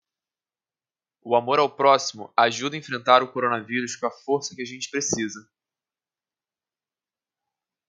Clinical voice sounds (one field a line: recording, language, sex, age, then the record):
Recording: spoken sentence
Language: Brazilian Portuguese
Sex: male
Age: 20 to 29 years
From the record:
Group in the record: control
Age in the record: 20 years